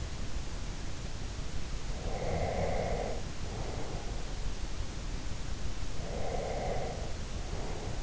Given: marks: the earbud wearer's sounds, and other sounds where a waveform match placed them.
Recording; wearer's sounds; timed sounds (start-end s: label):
sounds in sleep by an in-ear microphone; breath
1.99-4.28 s: breath
5.98-8.03 s: breath